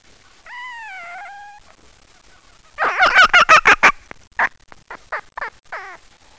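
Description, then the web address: Red fox calls: a drawn-out harmonic whine, then a fast run of harsh, chattering yelps that breaks into spaced single yelps. "voice Vulpes vulpes"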